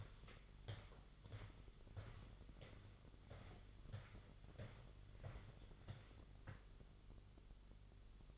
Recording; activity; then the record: daily activity, microphone in the room; walk to room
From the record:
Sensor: 4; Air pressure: 1009.0 hPa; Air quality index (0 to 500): 138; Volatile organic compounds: 2 ppm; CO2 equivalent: 1001 ppm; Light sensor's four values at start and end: 14/32/13/12 and 12/29/11/11